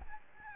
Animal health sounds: mosquito wingbeat signal from an infrared sensor; Aedes albopictus

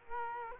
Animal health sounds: mosquito wingbeat signal from an infrared sensor; Culex quinquefasciatus

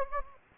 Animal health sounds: mosquito wingbeat signal from an infrared sensor; Anopheles gambiae

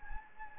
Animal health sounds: mosquito wingbeat signal from an infrared sensor; Anopheles gambiae

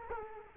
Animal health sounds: mosquito wingbeat signal from an infrared sensor; Culex quinquefasciatus

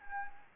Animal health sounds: mosquito wingbeat signal from an infrared sensor; Anopheles gambiae

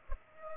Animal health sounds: mosquito wingbeat signal from an infrared sensor; Culex pipiens

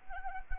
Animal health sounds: mosquito wingbeat signal from an infrared sensor; Anopheles arabiensis

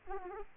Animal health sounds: mosquito wingbeat signal from an infrared sensor; Aedes aegypti

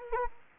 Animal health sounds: mosquito wingbeat signal from an infrared sensor; Anopheles gambiae

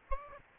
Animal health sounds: mosquito wingbeat signal from an infrared sensor; Aedes aegypti

